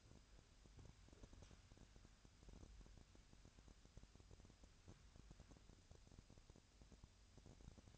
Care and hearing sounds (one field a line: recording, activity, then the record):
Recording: daily activity, microphone in the room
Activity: wipe stove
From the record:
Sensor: 2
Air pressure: 1006.9 hPa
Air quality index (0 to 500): 199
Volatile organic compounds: 14 ppm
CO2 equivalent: 2436 ppm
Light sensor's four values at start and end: 10/23/10/10 and 10/24/10/10